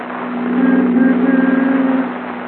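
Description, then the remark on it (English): The engine of a new convertible car hums steadily as it drives along, a low droning tone that swells a little in the middle and pulses faintly, with no voices. “Phil is driving Jack home in his new convertible”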